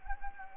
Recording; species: mosquito wingbeat signal from an infrared sensor; Anopheles gambiae